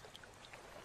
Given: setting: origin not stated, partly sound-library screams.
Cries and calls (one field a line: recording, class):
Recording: one-second piece from a danger detection set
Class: normal situation